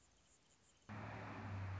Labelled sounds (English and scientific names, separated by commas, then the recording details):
Anna's Hummingbird (Calypte anna)
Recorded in Sonoma County, California